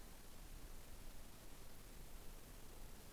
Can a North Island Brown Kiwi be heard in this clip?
no